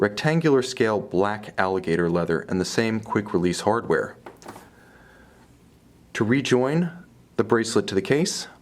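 A steel quick-release bracelet end link is handled near the track between the lugs of a Vacheron Constantin Overseas Chronograph 5500V/110A-B075 watch case while someone talks. A couple of faint ticks come near 4.4 and 4.5 seconds in a brief quiet gap before the talking resumes. Nothing has seated or clicked yet.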